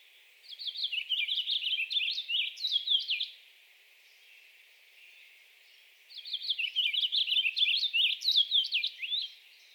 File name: Purple Finch - Haemorhous purpureus